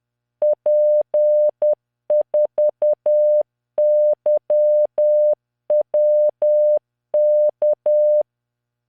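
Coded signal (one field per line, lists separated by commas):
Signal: Morse code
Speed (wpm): 10 wpm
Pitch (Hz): 600 Hz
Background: none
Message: P4YWK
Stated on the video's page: Practice Morse of random characters from LearningMorse software at 10 WPM, 600 Hz tone, standard three-dot spacing.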